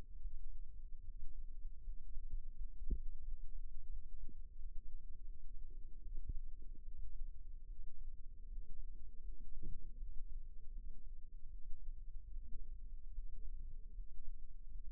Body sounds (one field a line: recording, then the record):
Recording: forearm muscle sounds (acoustic myography)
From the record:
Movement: rest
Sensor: system 2, bracelet of six BSWA MPA416 microphones around the upper forearm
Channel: 5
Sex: female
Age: 23 years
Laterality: right